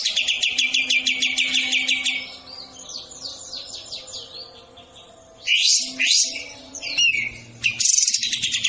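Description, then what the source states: Bird song: a fast train of crisp descending notes giving way to softer chatter, then loud harsh sweeping calls and a final trill. Melodious song.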